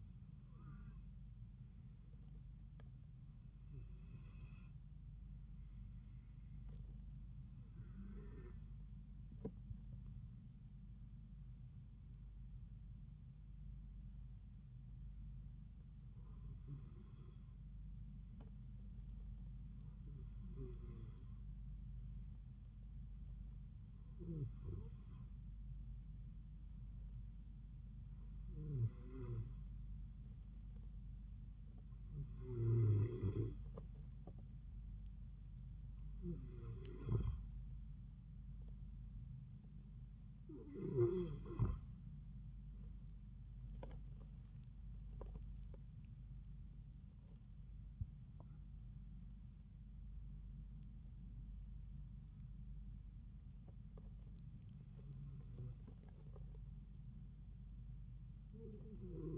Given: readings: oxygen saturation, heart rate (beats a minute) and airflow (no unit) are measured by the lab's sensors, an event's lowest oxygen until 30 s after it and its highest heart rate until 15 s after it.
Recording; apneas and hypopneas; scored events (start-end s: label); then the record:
breathing in sleep by a smartphone at the bedside; 1
31.00-48.20 s: hypopnea (N1, oxygen 93% highest, then 93% lowest)
From the record:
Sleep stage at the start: N1 (lightest sleep); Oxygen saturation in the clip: 92 to 94%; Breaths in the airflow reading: 14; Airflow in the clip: -4.6 to 7.8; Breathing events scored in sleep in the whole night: 270 in 6.1 hours asleep